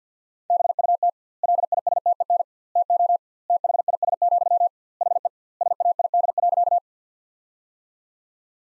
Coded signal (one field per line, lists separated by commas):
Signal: Morse code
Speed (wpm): 50 wpm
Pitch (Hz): 700 Hz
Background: none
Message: BUT LISTEN TO THIS, HE SAID.